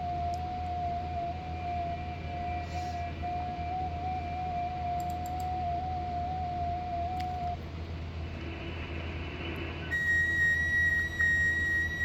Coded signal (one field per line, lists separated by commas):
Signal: FT8